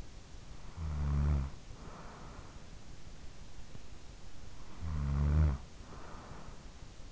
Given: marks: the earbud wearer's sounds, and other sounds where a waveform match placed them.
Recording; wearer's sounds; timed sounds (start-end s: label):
sounds in sleep by an in-ear microphone; snoring breath
0.47-3.20 s: snoring breath
4.09-7.12 s: snoring breath